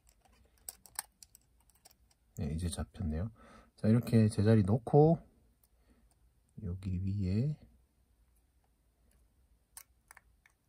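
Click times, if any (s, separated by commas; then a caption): 9.8 s. Small ticks sound in the first two seconds while someone talks over the middle of the clip, as a grid focusing screen is fitted in the mirror box of a Canon EOS 5D DSLR. The metal holder latch above the screen is pushed up and clicks home at 9.8 s, locking the screen securely in place.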